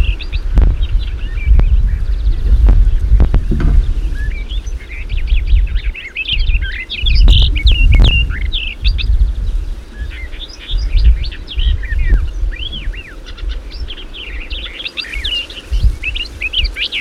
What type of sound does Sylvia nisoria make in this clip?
song